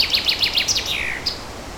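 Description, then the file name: Bird song: several quick downward-slurred chirps in succession, then a longer falling note and one last short high chirp. Forest setting. "Forest Ambient With A Birdsong"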